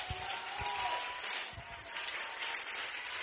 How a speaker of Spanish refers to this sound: Bienvenido, dele ese aplauso a Jesús.